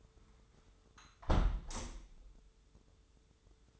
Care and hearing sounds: daily activity, microphone in the room; close window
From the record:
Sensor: 3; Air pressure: 995.6 hPa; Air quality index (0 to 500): 98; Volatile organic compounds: 14 ppm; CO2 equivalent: 2457 ppm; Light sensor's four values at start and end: 28/83/35/30 and 27/83/35/30

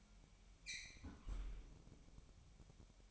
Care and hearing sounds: daily activity, microphone in the room; close fridge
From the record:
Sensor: 1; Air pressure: 1002.0 hPa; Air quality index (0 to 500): 239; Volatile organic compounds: 45 ppm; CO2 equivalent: 3229 ppm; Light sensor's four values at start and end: 8/28/10/11 and 8/28/10/11

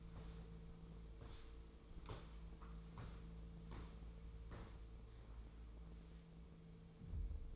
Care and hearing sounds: daily activity, microphone in the room; walk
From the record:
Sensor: 1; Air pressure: 1005.5 hPa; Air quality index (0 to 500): 124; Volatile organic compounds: 5 ppm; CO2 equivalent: 1738 ppm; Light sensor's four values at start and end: 11/26/10/11 and 11/27/11/12

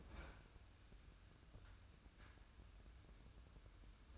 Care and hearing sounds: daily activity, microphone in the room; open fridge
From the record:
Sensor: 2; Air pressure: 994.3 hPa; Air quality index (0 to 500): 212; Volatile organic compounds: 1000 ppm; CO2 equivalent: 7042 ppm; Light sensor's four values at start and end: 142/341/145/151 and 140/336/143/149

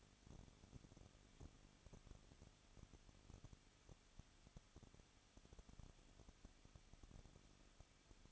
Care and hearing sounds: daily activity, microphone in the room; no activity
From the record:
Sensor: 4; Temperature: 23.0 degrees Celsius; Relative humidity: 34.1%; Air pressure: 1007.3 hPa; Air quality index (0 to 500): 214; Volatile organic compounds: 14 ppm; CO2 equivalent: 2468 ppm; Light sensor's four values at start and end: 2/3/1/1 and 2/3/1/1

